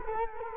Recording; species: mosquito wingbeat signal from an infrared sensor; Culex quinquefasciatus